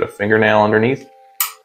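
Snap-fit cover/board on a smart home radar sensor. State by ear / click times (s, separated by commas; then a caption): released / 1.4 s. Someone talks while a fingernail is slid under the snap-fit cover/board of an Apollo MTR-1 smart home radar sensor and pried up. At 1.4 s it releases with a sharp click, and the sensor cover pops off.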